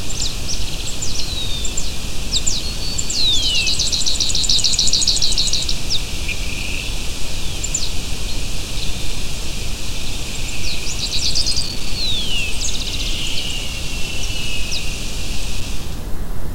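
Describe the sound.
Bird calls: scattered high chirps with a dense buzzy trill early on and more short notes later; steady low noise throughout.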